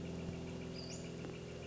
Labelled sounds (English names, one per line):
Western Flycatcher